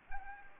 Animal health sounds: mosquito wingbeat signal from an infrared sensor; Anopheles gambiae

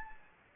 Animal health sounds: mosquito wingbeat signal from an infrared sensor; Anopheles gambiae

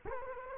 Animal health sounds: mosquito wingbeat signal from an infrared sensor; Culex quinquefasciatus

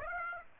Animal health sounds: mosquito wingbeat signal from an infrared sensor; Aedes aegypti

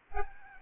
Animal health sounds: mosquito wingbeat signal from an infrared sensor; Aedes albopictus

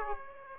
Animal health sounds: mosquito wingbeat signal from an infrared sensor; Aedes aegypti

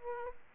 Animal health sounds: mosquito wingbeat signal from an infrared sensor; Aedes aegypti

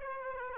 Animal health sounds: mosquito wingbeat signal from an infrared sensor; Aedes aegypti

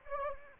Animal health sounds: mosquito wingbeat signal from an infrared sensor; Anopheles gambiae

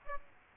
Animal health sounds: mosquito wingbeat signal from an infrared sensor; Aedes aegypti

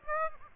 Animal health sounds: mosquito wingbeat signal from an infrared sensor; Aedes aegypti

